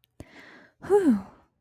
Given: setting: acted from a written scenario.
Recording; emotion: vocal sound without words; relief